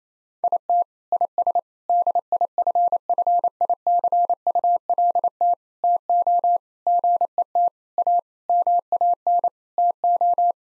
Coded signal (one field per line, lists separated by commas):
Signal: Morse code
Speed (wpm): 28 wpm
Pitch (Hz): 700 Hz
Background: none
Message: IT IS DIFFICULT TO GET A MAN TO